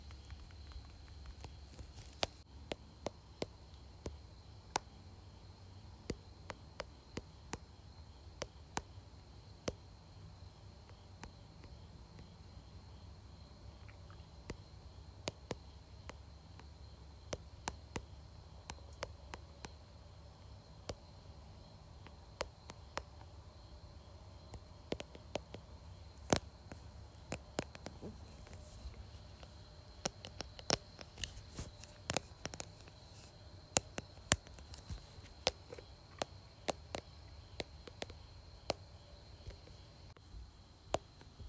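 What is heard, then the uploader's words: Fingernails tap on a phone case and screen in short, sharp clicks, scattered irregularly across the whole clip and bunching into quicker runs around the middle and later on. Underneath sits a steady low hum and a faint high whine. ASMR Tapping Phone Case and Screen.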